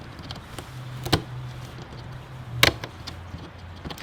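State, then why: Seated. A quick release latch assembly is pushed through the frame of an M Performance seat in a BMW E92 M3, with a low hum underneath and a smaller knock at about 1.1 s. A sharp click at 2.6 s marks the latch locking into place, fully seated.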